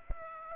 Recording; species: mosquito wingbeat signal from an infrared sensor; Aedes aegypti